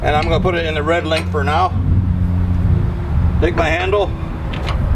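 Someone talks while the spring bar chain of a Blue Ox Sway Pro weight distribution hitch is set in the red link and the lift handle is brought up, over a steady low engine rumble. The small metal latch on the handle has not yet dropped into its hole, so nothing has seated or clicked yet.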